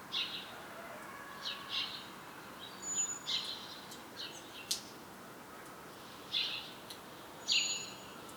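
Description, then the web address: Common blackbird calls: brief, sharp, high notes scattered throughout, often in pairs, against a steady hissing background. "SETE Turdus merula"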